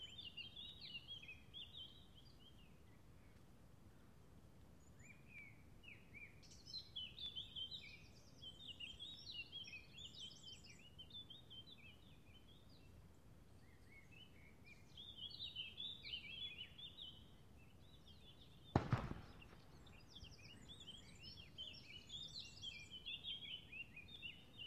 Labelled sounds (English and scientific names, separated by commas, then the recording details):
Eurasian Blackcap (Sylvia atricapilla) song
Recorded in the wild
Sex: male
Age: adult
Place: Tiuccia, Corsica, FR
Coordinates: 42.0714, 8.73222
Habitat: macchia
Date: 2011-07-14
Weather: sunny, 20°C, weak wind
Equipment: Zoom H2, rear micophones
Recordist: Frommolt, Karl-Heinz